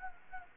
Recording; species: mosquito wingbeat signal from an infrared sensor; Anopheles gambiae